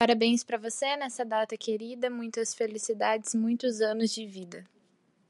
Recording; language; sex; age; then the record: short text; Brazilian Portuguese; female; 18 to 19 years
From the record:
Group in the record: control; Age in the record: 19 years